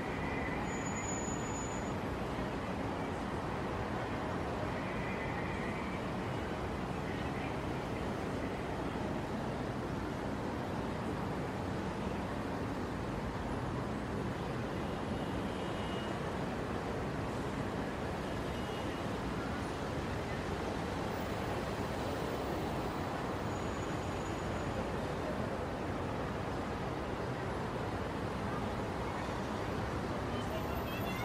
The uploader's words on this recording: Soundscape of Brooklyn Bridge in New York City. It was already after 10pm on Saturday night, but the traffic was still heavy on the bridge. In this recording, you can feel the summer night of Brooklyn, NY.